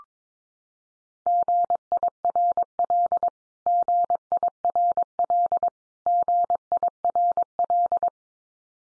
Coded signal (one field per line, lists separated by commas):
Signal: Morse code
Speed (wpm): 22 wpm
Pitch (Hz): 700 Hz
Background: none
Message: GIRL GIRL GIRL